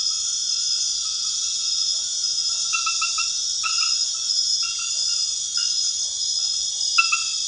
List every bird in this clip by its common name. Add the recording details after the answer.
none. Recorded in dense forest near Puerto Asís, Putumayo, Colombia, on 19 February 2024 at 00:30. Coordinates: 0.496, -76.326. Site G6383